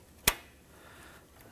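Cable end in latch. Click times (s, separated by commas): 0.3 s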